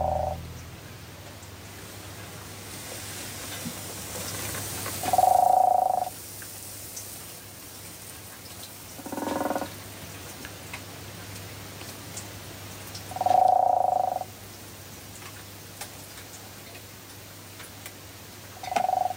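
Common frogs croak in a garden: four short, low purring bursts spaced several seconds apart, rising over a quiet, steady background hum with no voices.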